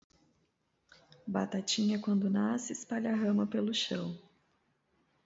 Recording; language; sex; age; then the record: short text; Brazilian Portuguese; female; 30 to 39 years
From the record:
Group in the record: control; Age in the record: 38 years